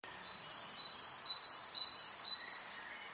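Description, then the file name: Great tit song: a steady series of two-note phrases, a high note dropping to a lower one, repeated about twice a second, with a faint quieter note underneath. "Parus major"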